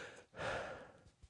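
A single breathy, sighing breath with a faint musical whistle, a brief wheeze from an adult's lungs.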